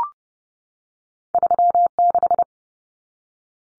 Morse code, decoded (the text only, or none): 36